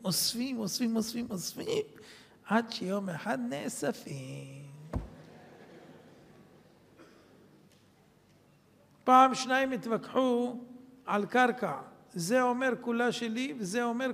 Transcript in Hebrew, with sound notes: אוספים, אוספים, אוספים, אוספים – עד שיום אחד 'נאספים...' [צחוק בקהל] פעם שנים התווכחו על קרקע: זה אומר: 'כולה שלי', וזה אומר: